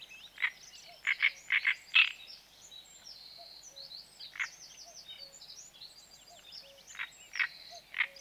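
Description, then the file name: Great reed warbler singing in grating bursts of croaky notes separated by pauses, with fainter high twittering throughout and a soft hiss behind. "Grotekarekiet"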